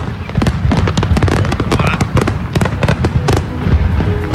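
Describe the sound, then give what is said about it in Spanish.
Fireworks go off close by in a rapid, irregular barrage of sharp cracking bangs, loud and overlapping over a constant rumbling background, with faint voices mixed in, recorded by a running girl about two blocks from a burning house. “Sigue corriendo y escuchen qué cerca se escuchan los cohetes.”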